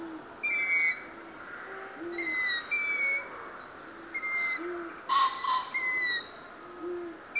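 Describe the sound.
Long-eared owl calls, thin squeaky drawn-out shrieks in irregular bursts, with soft low hoots sounding between them against a steady background hiss.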